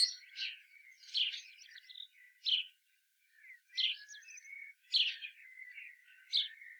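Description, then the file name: Common blackbird giving quiet, scratchy chirping notes in short bursts, mixed with thin twittering, without the full fluted phrases. "Turdus merula"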